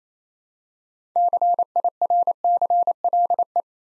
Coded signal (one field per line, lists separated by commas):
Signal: Morse code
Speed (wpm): 28 wpm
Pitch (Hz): 700 Hz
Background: none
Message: CIRCLE